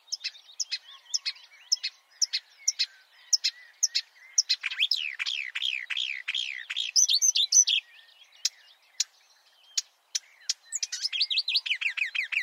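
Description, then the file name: Marsh warbler song: spaced sharp ticks and whistles, a run of downslurred notes in the middle, and a fast rattling series of slurred notes at the close. "suara-kicauan-burung-marsh-warbler -omkicau"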